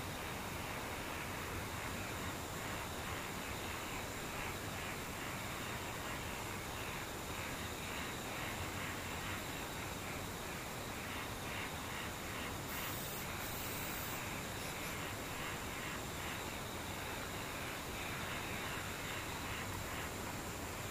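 A quiet, steady background with distant insects: a thin, high continuous whine and faint rapid chirring pulses repeating throughout. A low, even rumble like traffic or an engine sits underneath, and a brief brighter hiss appears around 13 seconds.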